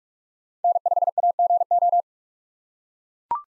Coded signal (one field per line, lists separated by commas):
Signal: Morse code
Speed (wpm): 43 wpm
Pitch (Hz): 700 Hz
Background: none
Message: N5AGO